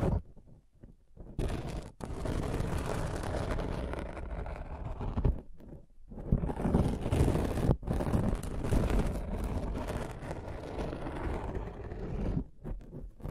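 Scratching and tracing: a rough, dense rasping that runs almost continuously after a quiet first second, heavy in the low end with a grainy hiss on top. The strokes pause briefly near 2, 5.5, 8 and 12.5 seconds before resuming.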